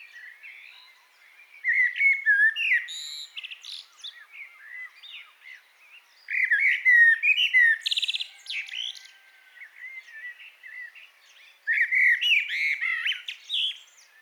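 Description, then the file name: Common blackbird singing mellow whistled phrases followed by squeaky high flourishes, repeated three times with short gaps. "Turdus merula"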